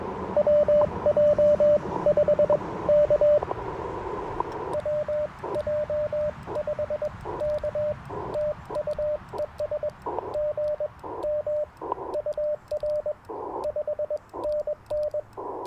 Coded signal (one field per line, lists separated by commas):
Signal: Morse code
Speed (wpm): 21 wpm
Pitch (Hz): 600 Hz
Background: radio noise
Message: WJ5K WJ5K TU ES GM UR 5NN